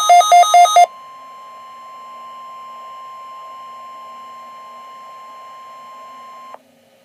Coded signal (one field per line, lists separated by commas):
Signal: Emergency Alert System (SAME) tones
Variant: 1050 Hz attention tone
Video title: Real NOAA Weather Radio EAS Test #9